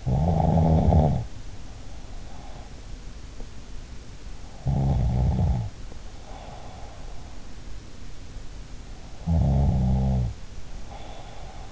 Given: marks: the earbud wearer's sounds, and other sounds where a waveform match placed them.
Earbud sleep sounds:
sounds in sleep by an in-ear microphone; snoring breath
0.00-2.64 s: snoring breath
4.55-7.17 s: snoring breath
9.24-11.72 s: snoring breath

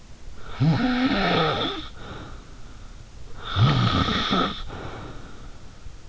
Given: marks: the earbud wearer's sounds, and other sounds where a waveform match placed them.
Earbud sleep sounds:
sounds in sleep by an in-ear microphone; snoring breath
0.36-2.59 s: snoring breath
3.35-5.82 s: snoring breath

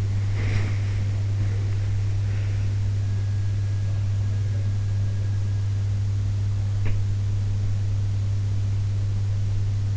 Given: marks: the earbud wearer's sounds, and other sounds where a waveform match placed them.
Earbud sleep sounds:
sounds in sleep by an in-ear microphone; breath
0.00-2.55 s: breath

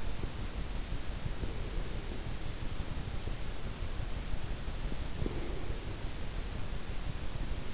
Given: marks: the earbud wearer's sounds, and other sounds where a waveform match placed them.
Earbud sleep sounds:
sounds in sleep by an in-ear microphone; breath
1.25-2.32 s: breath
5.12-6.18 s: breath

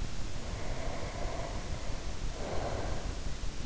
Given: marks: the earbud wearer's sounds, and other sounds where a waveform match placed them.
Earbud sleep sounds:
sounds in sleep by an in-ear microphone; breath
0.20-3.29 s: breath

